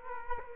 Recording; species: mosquito wingbeat signal from an infrared sensor; Culex quinquefasciatus